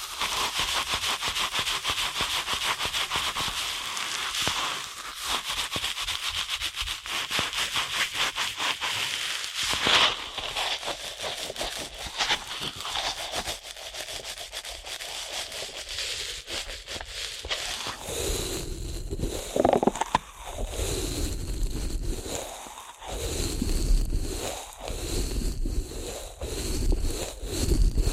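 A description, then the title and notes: Ear cleaning with dense, rapid scratchy rubbing and crackle for most of the clip, shifting near the end to wavering, whooshing sweeps. ASMR Ear Cleaning at Helicopter Speed.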